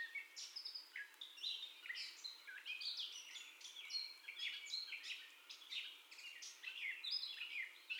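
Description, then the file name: Gray catbird giving a long improvised song of squeaks, slurs and raspy notes, rapid and varied. First song, recorded 30 May 2021 at 04:48. "2021-05-30 Catbird First Song 0448"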